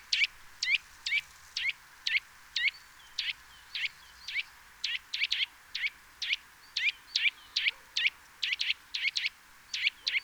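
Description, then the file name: Eurasian nuthatch calls: sharp, high, clipped notes given in a steady run of about two per second, sometimes doubled, over faint background hiss. "Sitta europaea"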